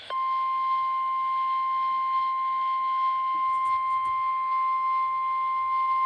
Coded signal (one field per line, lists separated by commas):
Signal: Emergency Alert System (SAME) tones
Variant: 1050 Hz attention tone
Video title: Floods, Tests, and Amber Alerts || EAS Alerts from October 2022 || EAS 407-414